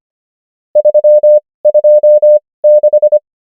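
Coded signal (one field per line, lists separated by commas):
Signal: Morse code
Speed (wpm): 25 wpm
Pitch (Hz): 600 Hz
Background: none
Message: 3 2 6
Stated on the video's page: Morse code numbers practice, 25 wpm character speed with 19 wpm Farnsworth word speed.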